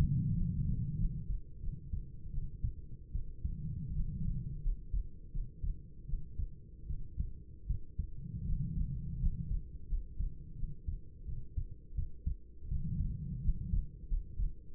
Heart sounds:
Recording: heart sounds by stethoscope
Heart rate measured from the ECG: 83 bpm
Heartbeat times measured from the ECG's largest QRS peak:
0.33 s: heartbeat
0.96 s: heartbeat
1.59 s: heartbeat
2.30 s: heartbeat
3.11 s: heartbeat
3.91 s: heartbeat
4.61 s: heartbeat
5.30 s: heartbeat
6.05 s: heartbeat
6.86 s: heartbeat
7.66 s: heartbeat
8.44 s: heartbeat
9.18 s: heartbeat
9.87 s: heartbeat
10.55 s: heartbeat
11.24 s: heartbeat
11.94 s: heartbeat
12.67 s: heartbeat
13.40 s: heartbeat
14.07 s: heartbeat
14.75 s: heartbeat
From the record:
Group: healthy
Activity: rest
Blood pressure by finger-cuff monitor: 99/52 mmHg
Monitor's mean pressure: 68 mmHg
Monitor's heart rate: 84 bpm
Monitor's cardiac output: 7.7 L/min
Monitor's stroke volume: 93 mL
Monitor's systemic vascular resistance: 650 dyn s/cm5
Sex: female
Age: 26 years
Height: 165 cm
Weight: 55 kg

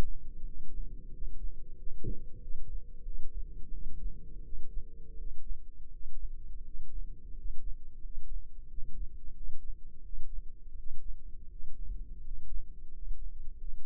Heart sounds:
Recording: heart sounds by microphone in the left ear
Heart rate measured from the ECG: 87 bpm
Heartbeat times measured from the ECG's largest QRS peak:
0.43 s: heartbeat
1.10 s: heartbeat
1.75 s: heartbeat
2.38 s: heartbeat
3.03 s: heartbeat
3.70 s: heartbeat
4.42 s: heartbeat
5.15 s: heartbeat
5.89 s: heartbeat
6.62 s: heartbeat
7.33 s: heartbeat
8.00 s: heartbeat
8.66 s: heartbeat
9.33 s: heartbeat
10.02 s: heartbeat
10.74 s: heartbeat
11.48 s: heartbeat
12.21 s: heartbeat
12.90 s: heartbeat
13.57 s: heartbeat
From the record:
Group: healthy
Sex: male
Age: 33 years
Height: 179 cm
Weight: 80.4 kg

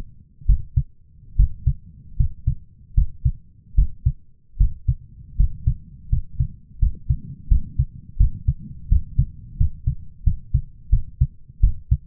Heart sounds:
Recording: heart sounds by stethoscope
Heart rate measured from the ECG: 81 bpm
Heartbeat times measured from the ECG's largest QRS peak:
0.46 s: heartbeat
1.36 s: heartbeat
2.17 s: heartbeat
2.94 s: heartbeat
3.75 s: heartbeat
4.57 s: heartbeat
5.36 s: heartbeat
6.09 s: heartbeat
6.79 s: heartbeat
7.48 s: heartbeat
8.17 s: heartbeat
8.89 s: heartbeat
9.57 s: heartbeat
10.24 s: heartbeat
10.90 s: heartbeat
11.61 s: heartbeat
From the record:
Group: healthy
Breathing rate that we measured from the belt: 16 breaths a minute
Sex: male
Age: 23 years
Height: 179 cm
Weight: 87 kg

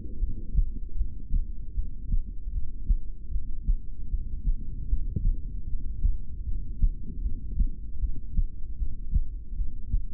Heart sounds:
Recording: heart sounds by stethoscope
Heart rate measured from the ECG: 77 bpm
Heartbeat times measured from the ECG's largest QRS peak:
0.16 s: heartbeat
0.93 s: heartbeat
1.71 s: heartbeat
2.49 s: heartbeat
3.27 s: heartbeat
4.05 s: heartbeat
4.84 s: heartbeat
5.63 s: heartbeat
6.41 s: heartbeat
7.18 s: heartbeat
7.96 s: heartbeat
8.74 s: heartbeat
9.52 s: heartbeat
From the record:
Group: heart failure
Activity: rest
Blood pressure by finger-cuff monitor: 88/59 mmHg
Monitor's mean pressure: 71 mmHg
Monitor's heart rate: 81 bpm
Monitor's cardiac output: 6.3 L/min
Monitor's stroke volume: 82 mL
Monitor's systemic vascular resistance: 810 dyn s/cm5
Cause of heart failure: ischemic heart disease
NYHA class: 2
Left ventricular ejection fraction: 28%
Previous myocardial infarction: present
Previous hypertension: present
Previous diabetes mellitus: present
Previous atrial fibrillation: present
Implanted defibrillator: present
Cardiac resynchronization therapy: present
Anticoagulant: apixaban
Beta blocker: bisoprolol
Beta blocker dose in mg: 10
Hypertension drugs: sacubitril-valsartan, spironolactone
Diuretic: furosemide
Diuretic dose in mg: 20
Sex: male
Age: 62 years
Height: 178 cm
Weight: 88.3 kg

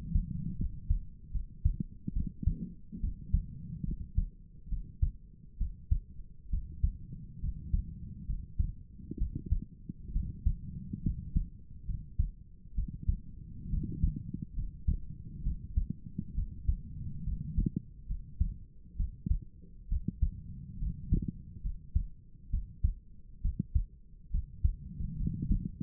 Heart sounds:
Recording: heart sounds by stethoscope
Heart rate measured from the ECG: 68 bpm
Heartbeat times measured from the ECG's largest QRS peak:
0.58 s: heartbeat
1.33 s: heartbeat
2.14 s: heartbeat
3.01 s: heartbeat
3.86 s: heartbeat
4.70 s: heartbeat
5.59 s: heartbeat
6.51 s: heartbeat
7.41 s: heartbeat
8.27 s: heartbeat
9.19 s: heartbeat
10.13 s: heartbeat
11.03 s: heartbeat
11.87 s: heartbeat
12.76 s: heartbeat
13.71 s: heartbeat
14.56 s: heartbeat
15.44 s: heartbeat
16.35 s: heartbeat
17.25 s: heartbeat
18.08 s: heartbeat
18.97 s: heartbeat
19.89 s: heartbeat
20.80 s: heartbeat
21.63 s: heartbeat
22.51 s: heartbeat
23.42 s: heartbeat
24.32 s: heartbeat
25.18 s: heartbeat
From the record:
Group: healthy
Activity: rest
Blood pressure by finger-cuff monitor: 118/53 mmHg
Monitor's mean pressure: 72 mmHg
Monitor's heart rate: 68 bpm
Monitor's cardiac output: 7.4 L/min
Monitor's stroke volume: 110 mL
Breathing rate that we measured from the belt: 17 breaths a minute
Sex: female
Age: 22 years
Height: 160 cm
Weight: 63 kg

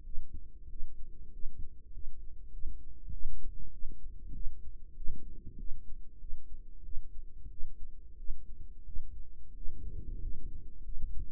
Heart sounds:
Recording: heart sounds by microphone in the right ear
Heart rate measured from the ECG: 95 bpm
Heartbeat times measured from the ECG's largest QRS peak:
0.04 s: heartbeat
0.69 s: heartbeat
1.32 s: heartbeat
1.92 s: heartbeat
2.52 s: heartbeat
3.11 s: heartbeat
3.71 s: heartbeat
4.33 s: heartbeat
4.95 s: heartbeat
5.57 s: heartbeat
6.19 s: heartbeat
6.83 s: heartbeat
7.49 s: heartbeat
8.17 s: heartbeat
8.84 s: heartbeat
9.55 s: heartbeat
10.20 s: heartbeat
10.83 s: heartbeat
From the record:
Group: healthy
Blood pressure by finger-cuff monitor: 100/59 mmHg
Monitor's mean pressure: 72 mmHg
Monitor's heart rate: 96 bpm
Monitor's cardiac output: 8.2 L/min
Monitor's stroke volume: 85 mL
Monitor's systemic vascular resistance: 630 dyn s/cm5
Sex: female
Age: 22 years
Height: 157 cm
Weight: 47.6 kg

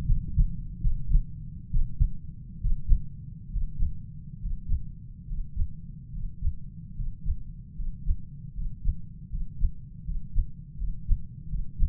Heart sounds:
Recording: heart sounds by stethoscope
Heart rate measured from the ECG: 73 bpm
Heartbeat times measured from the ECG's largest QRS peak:
0.05 s: heartbeat
0.80 s: heartbeat
1.70 s: heartbeat
2.60 s: heartbeat
3.51 s: heartbeat
4.40 s: heartbeat
5.27 s: heartbeat
6.12 s: heartbeat
6.95 s: heartbeat
7.75 s: heartbeat
8.53 s: heartbeat
9.29 s: heartbeat
10.04 s: heartbeat
10.77 s: heartbeat
11.48 s: heartbeat
From the record:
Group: healthy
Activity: breath hold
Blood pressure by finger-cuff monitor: 89/62 mmHg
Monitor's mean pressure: 80 mmHg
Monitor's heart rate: 72 bpm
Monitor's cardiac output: 6.7 L/min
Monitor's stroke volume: 96 mL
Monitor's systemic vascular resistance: 540 dyn s/cm5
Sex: male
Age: 23 years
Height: 178 cm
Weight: 96.6 kg

